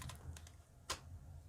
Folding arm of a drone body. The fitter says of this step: snap in place i don't know if you can hear that but